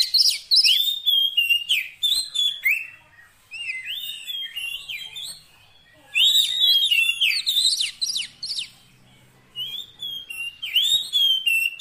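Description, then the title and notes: Oriental magpie-robin song: bursts of loud, varied whistled phrases with rising and falling slurs and sharp chips, broken by short pauses. Kacer fill-in (isian) song, played so that a bird becomes a strong singer day and night. "Kacer Jadi Gacor Siang Malam. Isian Kacer"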